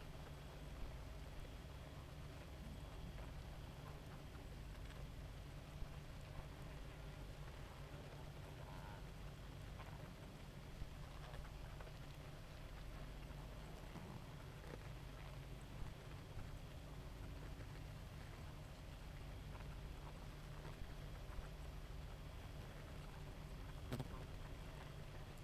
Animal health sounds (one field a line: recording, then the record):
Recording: honeybee colony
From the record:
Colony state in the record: active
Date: 28 July 2017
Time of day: 2:02